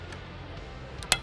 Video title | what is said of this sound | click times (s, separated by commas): What's New Inside SHOT Show 25 - Day 2 | and you're going to come across until you hear that that tactile click | 1.1 s